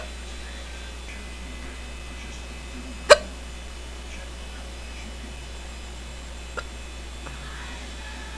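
An adult's single sharp, abrupt hiccup sounds at about three seconds, followed by a much fainter one roughly three and a half seconds later, over a low steady hum. These brief involuntary gulping clicks are typical of hiccups (singultus).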